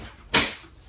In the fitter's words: Click. Yep, there it is.